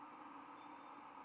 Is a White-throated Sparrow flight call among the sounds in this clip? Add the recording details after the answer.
no. No flight call is heard. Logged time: 03:41 on 24 November 2014